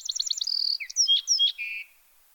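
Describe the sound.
Bewick's wren song, a rapid high trill followed by a drawn-out note, several sharp slurred notes and a lower held closing note.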